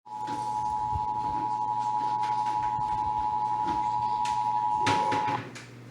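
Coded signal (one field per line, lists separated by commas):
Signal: Emergency Alert System (SAME) tones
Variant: 853 and 960 Hz attention tone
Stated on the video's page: Real AMBER Alert child abduction emergency aired on an FM station.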